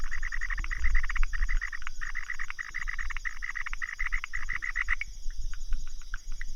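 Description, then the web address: Frog calling in rapid trilled bursts for about five seconds, then only scattered single croaks, set against a steady high whine. Recorded 15 March 2015. "frog rec 150315"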